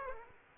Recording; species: mosquito wingbeat signal from an infrared sensor; Aedes aegypti